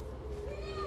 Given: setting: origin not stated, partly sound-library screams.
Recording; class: one-second piece from a danger detection set; woman in danger